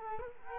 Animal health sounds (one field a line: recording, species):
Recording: mosquito wingbeat signal from an infrared sensor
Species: Culex quinquefasciatus